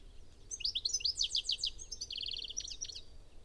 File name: Carduelis carduelis